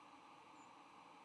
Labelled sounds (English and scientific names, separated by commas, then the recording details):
White-throated Sparrow (Zonotrichia albicollis) flight call
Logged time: 10:33 on 9 November 2014